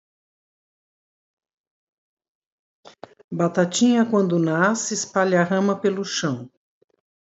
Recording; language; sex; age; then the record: short text; Brazilian Portuguese; female; 60 to 69 years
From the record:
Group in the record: control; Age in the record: 67 years